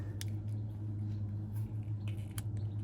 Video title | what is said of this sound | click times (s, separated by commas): vw crafter sprinter camper van conversion build - cheap Chinese diesel heater install part 2 | you hear that click | 2.4 s